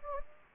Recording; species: mosquito wingbeat signal from an infrared sensor; Anopheles gambiae